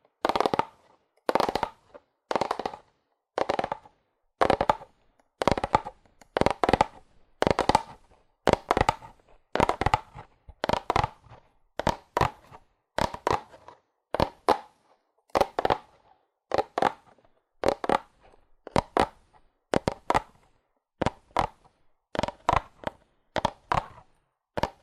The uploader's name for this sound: Fast Aggressive Cardboard Tapping